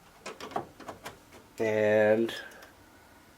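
A graphics card is lined up with the PCIe slot and bracket area of a motherboard before being pushed home. Light contact and handling taps are heard in the first second, then a steady buzzing hum from about 1.6 to 2.3 s. Someone talks, and nothing has seated or clicked yet.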